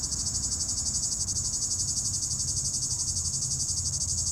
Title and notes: 3029 Rte d'Aix, 73310 Chindrieux, France - cigale. Cigale dans un pommier au sommet de la côte de groisin, il fait 32°